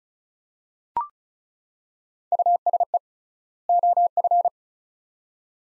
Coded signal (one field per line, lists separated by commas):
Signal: Morse code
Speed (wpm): 36 wpm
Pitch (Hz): 700 Hz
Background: none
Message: USE OF